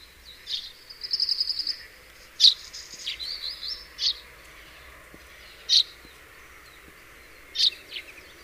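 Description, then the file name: House sparrow chirps: a short buzzy trill early on, then single sharp chirps at irregular intervals against a faint steady hiss. "Passer domesticus"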